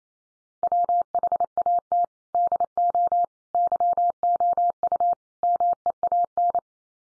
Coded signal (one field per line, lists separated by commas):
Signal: Morse code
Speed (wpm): 28 wpm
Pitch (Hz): 700 Hz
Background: none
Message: WHAT DO YOU MEAN